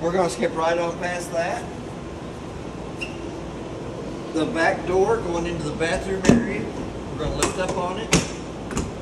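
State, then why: Seated. Someone talks while the back door into the bathroom area of a 2023 Shadow Cruiser 325BHS travel trailer is lifted up on and closed. Two sharp ticks at 8.7 s and 8.8 s mark the door latch clicking into its catch, and the door is latched in place.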